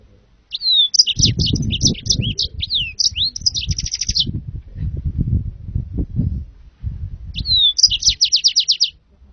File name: serinus mozambicus